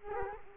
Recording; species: mosquito wingbeat signal from an infrared sensor; Culex quinquefasciatus